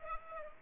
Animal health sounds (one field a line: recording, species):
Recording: mosquito wingbeat signal from an infrared sensor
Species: Aedes aegypti